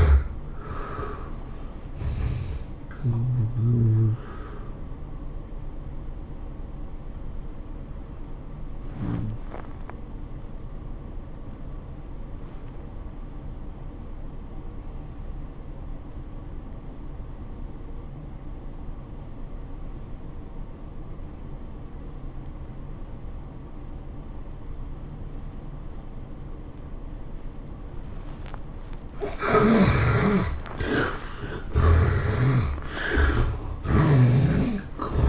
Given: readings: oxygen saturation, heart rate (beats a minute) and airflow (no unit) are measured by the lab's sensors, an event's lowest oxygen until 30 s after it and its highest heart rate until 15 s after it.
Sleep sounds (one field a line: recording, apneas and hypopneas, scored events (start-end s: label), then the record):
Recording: a person awake in a sleep study, by a smartphone at the bedside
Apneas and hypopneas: 1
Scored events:
0.00-35.29 s: awake
5.00-30.00 s: hypopnea (scored as awake, oxygen 92% highest, then 73% lowest, heart rate 108 at the start, 108 highest)
From the record:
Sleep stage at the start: awake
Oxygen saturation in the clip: 70 to 92%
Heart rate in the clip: 80 to 110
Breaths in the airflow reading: 5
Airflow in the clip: -9.1 to 13.8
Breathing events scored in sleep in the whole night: 403 in 5.5 hours asleep